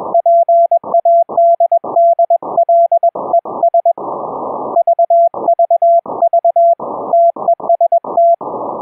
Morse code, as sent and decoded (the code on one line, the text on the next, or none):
.--. .- -.. -.. .-.. . ... / ...- ...- ...- / - . ... -
PADDLES VVV TEST